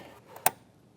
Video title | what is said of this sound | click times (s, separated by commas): S58 Bootmod3 Flex Fuel Sensor Install Guide - Modding Mr Squeeze's BMW - G80 M3 G82 G83 M4 G87 M2 | Right. There's a nice click. | 0.5 s